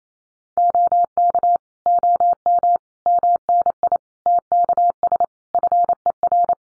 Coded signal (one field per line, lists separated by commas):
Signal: Morse code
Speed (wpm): 28 wpm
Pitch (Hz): 700 Hz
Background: none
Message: OK OM MNI TKS FER